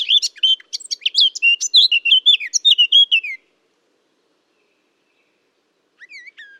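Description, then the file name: Eurasian blackcap song: a rapid burst of scratchy notes and whistles lasting about three seconds, then silence, then a brief new phrase starting near the end. "Sylvia atricapilla"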